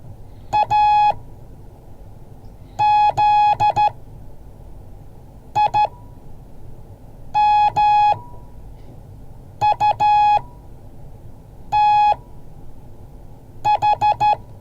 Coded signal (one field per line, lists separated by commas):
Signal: Morse code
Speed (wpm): 13 wpm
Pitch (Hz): 840 Hz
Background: none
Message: AZIMUTH